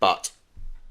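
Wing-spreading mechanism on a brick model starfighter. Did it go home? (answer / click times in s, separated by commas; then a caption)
no / none. Someone talks briefly at the start as the plastic brick wing-opening mechanism on a LEGO UCS X-Wing 75355 model starfighter is handled and turned. A short, bright tick at about 0.3 s is followed by a low, steady handling rumble from about 0.6 s to the end. The mechanism has not clicked into place yet.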